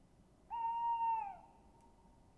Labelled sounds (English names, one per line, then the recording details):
Tawny Owl
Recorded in Germany
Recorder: ecoPi